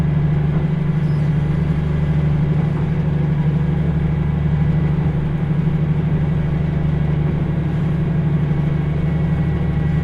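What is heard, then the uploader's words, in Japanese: A ride on the Kyushu Odan limited express along the Hōhi Line, from Tateno to Miyaji. A steady, heavy engine drone holds a low, even hum throughout, with a dense rattling rumble over it and no clear breaks or separate events. 豊肥本線 九州横断特急3号 立野→宮地。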